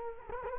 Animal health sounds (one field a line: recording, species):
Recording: mosquito wingbeat signal from an infrared sensor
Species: Culex quinquefasciatus